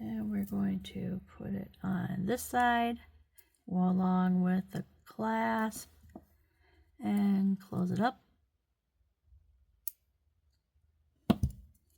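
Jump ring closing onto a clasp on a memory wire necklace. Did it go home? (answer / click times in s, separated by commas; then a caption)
yes / 9.9 s, 11.3 s. A metal jump ring holding a clasp on a memory wire necklace is closed with pliers until its two wire ends meet, and someone talks during the first eight seconds. After a quiet stretch, sharp metallic clicks sound at 9.9 s and 11.3 s as the ends click together, showing that the ring is closed.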